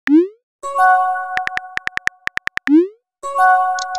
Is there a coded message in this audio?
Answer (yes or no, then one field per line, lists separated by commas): no